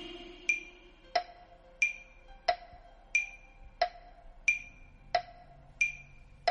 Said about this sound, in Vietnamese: Bài đồng dao vẫn còn chưa dứt, tiếng mõ gõ cứ lóc cóc vang lên, thì lại bất chợt có tiếng gọi.